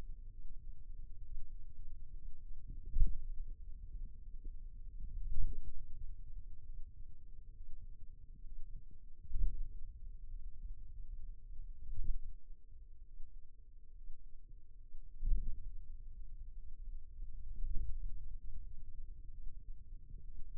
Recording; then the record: forearm muscle sounds (acoustic myography)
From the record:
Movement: pen grasping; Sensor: system 2, bracelet of six BSWA MPA416 microphones around the upper forearm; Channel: 6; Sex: male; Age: 22 years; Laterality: right